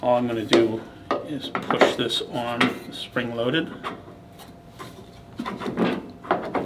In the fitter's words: it locks into place there works very very well